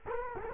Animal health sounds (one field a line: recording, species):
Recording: mosquito wingbeat signal from an infrared sensor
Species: Culex quinquefasciatus